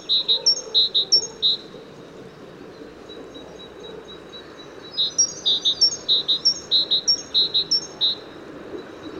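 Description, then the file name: Great tit song of quick alternating low and high whistled notes, a short series at the start and a longer repeated series after a pause; quiet rumbling background. "Parus major"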